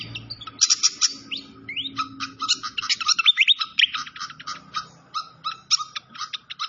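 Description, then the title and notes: Malaysian pied fantail song: bright bursts of twittering, several sharp upward-sweeping whistles, then a steady series of short chirps, over a faint low background hum. Clear-voiced song used for training cage birds, mixed with the sound of flowing water. "Masteran Sikatan Kipas Suara Jernih Dan Suara Gemericik Air. Suara Burung Sikatan Londo"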